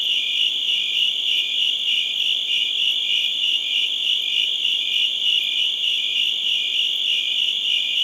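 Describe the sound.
Crickets trill together without pause, a bright, even, rapidly pulsed chirping that never drops away.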